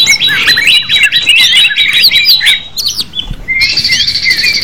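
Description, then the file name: Greater green leafbird song, a fast jumble of bright whistled notes and chattering phrases that briefly pauses before resuming higher-pitched. Simulated song contest for leafbirds. "audio-simulasi-lomba-cucak-hijau 4-omkicau"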